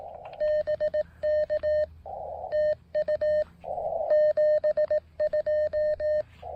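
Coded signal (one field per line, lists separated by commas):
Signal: Morse code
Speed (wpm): 18 wpm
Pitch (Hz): 610 Hz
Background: none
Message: BK TU 72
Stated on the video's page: QRP POTA park activation CQ with an MTR-3B transceiver and PackTenna end-fed half-wave antenna.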